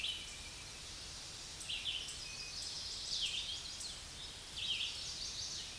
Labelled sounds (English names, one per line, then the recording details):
Red-eyed Vireo song
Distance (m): 35 m
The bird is about 25 m above the microphone
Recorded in a Pennsylvania forest on 16 May 2024 at 07:17
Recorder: AudioMoth, point MSD-2095
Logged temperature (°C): 16.3 °C
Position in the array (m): 168 m, 69 m